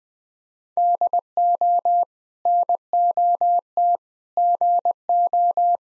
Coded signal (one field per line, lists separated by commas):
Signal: Morse code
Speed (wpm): 20 wpm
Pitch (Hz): 700 Hz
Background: none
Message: DO NOT GO